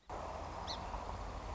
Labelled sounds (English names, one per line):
Song Sparrow